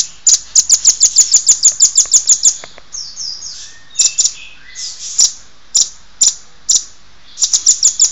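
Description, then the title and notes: Songbird song: long runs of rapid, very high sharp chips, broken by short warbled twitters and spaced single notes. Used for training songbirds. "Master Burung Kicau. Masteran Burung Kicau Lengkap"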